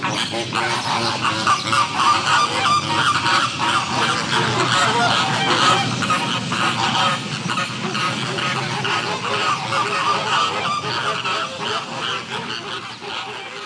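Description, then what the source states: Flamingo flock calling: a dense, unbroken chorus of nasal goose-like honks and gabbling from many birds, steady throughout. Captive flamingos at a zoo or wild animal park in San Diego.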